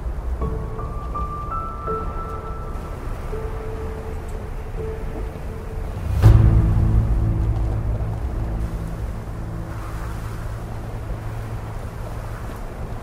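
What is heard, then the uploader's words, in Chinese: Epic music over a steady roar of wind and snow, with held high notes and a deep booming hit near six seconds. 10首超好聽史詩音樂配合風雪的聲音。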